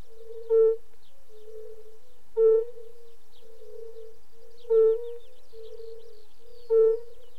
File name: klokkefrø